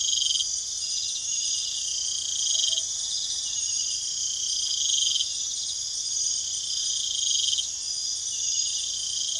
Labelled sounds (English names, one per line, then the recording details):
none
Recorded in pastures near Puerto Asís, Putumayo, Colombia, on 22 June 2025 at 23:00
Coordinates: 0.502, -76.324
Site G010